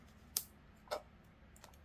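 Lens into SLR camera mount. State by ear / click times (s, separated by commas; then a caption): seated / 0.4 s. A lens is turned clockwise onto the bayonet mount of a vintage Canon F-1 SLR film camera after its red dots are lined up. It seats with a single sharp click at 0.4 s. A second, softer click follows around 0.9 s, then fainter ticks near 1.6–1.7 s.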